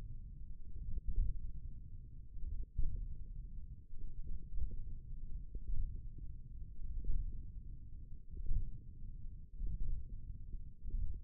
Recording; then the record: forearm muscle sounds (acoustic myography)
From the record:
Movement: hook grip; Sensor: system 1, eight BSWA MPA416 microphones around the upper forearm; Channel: 1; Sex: male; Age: 28 years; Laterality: right